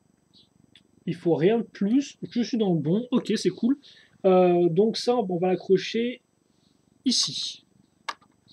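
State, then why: Seated. A plastic Mega Bloks construction brick is hooked onto bricks already in place on a model vehicle, a Halo UNSC Elephant, while someone talks. The brick is pressed home with a sharp click at 8.1 s and seats firmly on the studs, fitting together really well.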